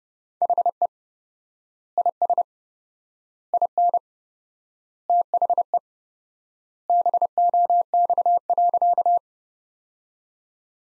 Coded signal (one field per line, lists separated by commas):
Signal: Morse code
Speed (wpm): 30 wpm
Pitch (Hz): 700 Hz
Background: none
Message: HE IS IN THE BOX.